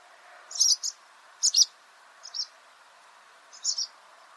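Barn swallow chirps, four brief paired high notes spaced about a second apart, with a longer gap before the last, over a low continuous hum.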